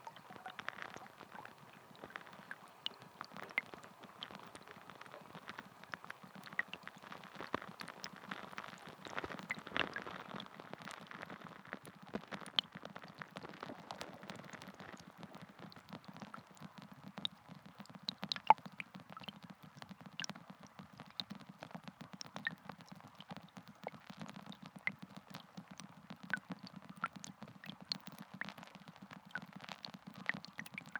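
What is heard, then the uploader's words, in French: Steady bubbling and fizzing water, made of countless tiny pops and crackles layered over a low, gurgling churn. The texture stays dense and even for the whole stretch, with a slightly fuller, busier patch around the ten-second mark. Islande.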